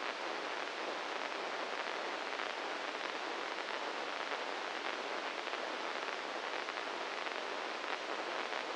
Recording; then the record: brain microelectrode recording played as sound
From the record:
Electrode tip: inside the subthalamic nucleus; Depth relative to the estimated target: 1 mm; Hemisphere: right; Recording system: NeuroSet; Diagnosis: Parkinson's disease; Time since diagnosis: 15 years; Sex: male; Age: 65 years